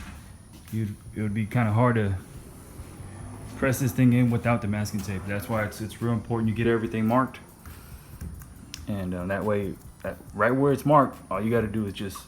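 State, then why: Seated. Someone talks while pressing the stainless roof rail trim molding of a 1964 Impala onto the car body's retaining clips, right at the line marked with masking tape. A few soft knocks come just before a sharp snap at 8.7 s, and the trim is seated in place.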